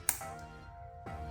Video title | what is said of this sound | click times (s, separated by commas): 2021-2024 HYUNDAI ELANTRA G2.0L Replace Spark Plugs and Coils | Lock it down. | 0.1 s